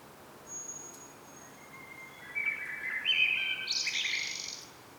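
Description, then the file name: Common blackbird singing one flute-like warbled phrase that rises into a thin, high twittering flourish at the end. "Turdus merula"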